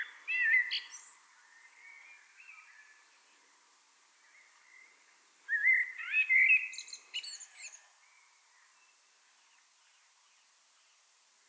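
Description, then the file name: Common blackbird song, fairly soft: a short fluty phrase at the start, then a longer whistled phrase ending in a thin high chatter, with long pauses between. "Turdus merula"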